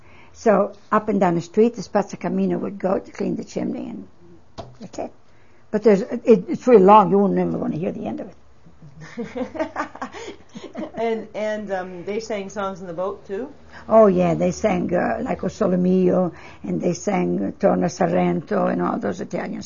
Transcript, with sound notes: So, up and down the street the spazzacamino would go to clean the chimney and that's it. But there's, it's really long. You wouldn't really want to hear the end of it.
(She laughs) And, and they sang songs on the boat, too?
Oh, yeah, they sang like "O Sole Mio" and and they sang "Dona Sorrento" and all those Italian songs.